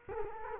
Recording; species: mosquito wingbeat signal from an infrared sensor; Culex quinquefasciatus